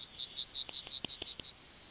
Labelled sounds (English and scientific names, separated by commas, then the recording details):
Yellowhammer (Emberiza citrinella) song
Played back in forest
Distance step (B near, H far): B
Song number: 134